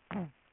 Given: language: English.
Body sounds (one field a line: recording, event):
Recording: throat vibration sensor signal played as sound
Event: throat clearing